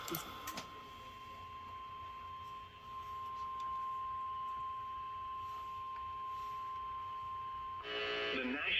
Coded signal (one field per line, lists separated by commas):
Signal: Emergency Alert System (SAME) tones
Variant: 1050 Hz attention tone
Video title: (L.S. EAS #320) Severe Thunderstorm Warning in Texas